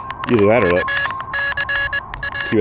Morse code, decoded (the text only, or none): UCA